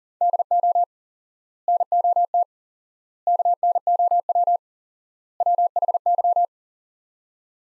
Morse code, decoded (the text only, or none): DO NOT KNOW WHY